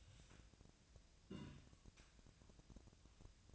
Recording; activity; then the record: daily activity, microphone in the room; take from stove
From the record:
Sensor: 2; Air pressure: 1009.8 hPa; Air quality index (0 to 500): 180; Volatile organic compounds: 10 ppm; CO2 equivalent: 2254 ppm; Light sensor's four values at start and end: 32/79/34/38 and 32/79/34/38